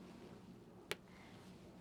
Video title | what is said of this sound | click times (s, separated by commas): How to Diamond Paint Round Drills | Do you hear the popping? | 0.9 s